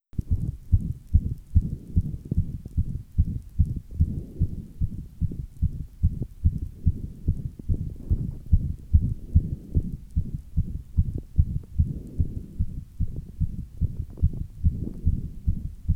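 Functional (innocent) heart murmur in an adult female, heard through a stethoscope: steady, low-pitched heartbeats with a soft murmur alongside them.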